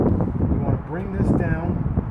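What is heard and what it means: A plastic ball socket on the end of a gas hood lift support for a 2007 Toyota Camry is being handled and brought toward the metal ball stud on the body, with factory grease already on it. Someone talks over low, steady background rumble, with brief handling knocks near 0.2 s and 2.0 s. Nothing has seated or clicked yet.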